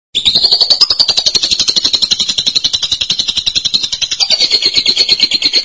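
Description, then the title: Lovebird chatter, a continuous rapid series of harsh, high twittering pulses that dips briefly in pitch near the end. "BM Suara Burung Lovebird"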